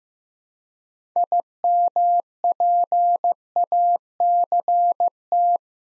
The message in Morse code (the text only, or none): IMPACT